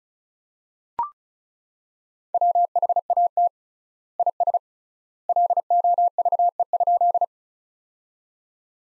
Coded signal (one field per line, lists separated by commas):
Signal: Morse code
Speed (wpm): 35 wpm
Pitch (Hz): 700 Hz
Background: none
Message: WHAT IS LOVE?